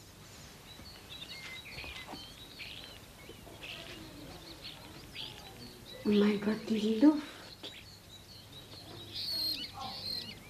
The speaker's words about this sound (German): Die Stare zwitschern.